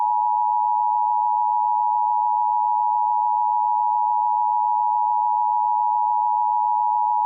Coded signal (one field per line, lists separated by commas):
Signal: Emergency Alert System (SAME) tones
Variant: 853 and 960 Hz attention tone